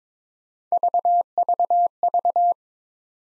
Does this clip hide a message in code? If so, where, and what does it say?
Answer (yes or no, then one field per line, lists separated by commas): no